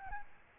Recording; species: mosquito wingbeat signal from an infrared sensor; Aedes albopictus